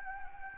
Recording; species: mosquito wingbeat signal from an infrared sensor; Anopheles gambiae